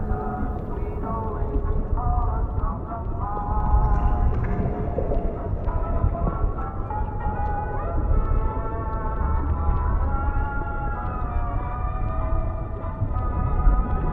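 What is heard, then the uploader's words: Oldies music plays muffled underwater, its melody lines wavering steadily over a dense low rumble that continues throughout, with small clicks scattered in. Oldies music playing underwater in City.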